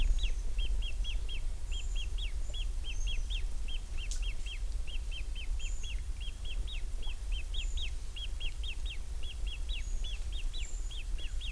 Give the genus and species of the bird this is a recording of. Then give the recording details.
Podiceps cristatus. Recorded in the wild. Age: juvenile. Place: Schluft, Schorfheide, Brandenburg, DE. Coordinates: 52.95, 13.45. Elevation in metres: 71. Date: 1996-08-04 12:50. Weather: wolkig, 14-17°C. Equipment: Sony MD-WM MZ-R3, Sennheiser ME 80, Kopie Uher 4000 Report Monitor. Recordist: Tembrock, Günter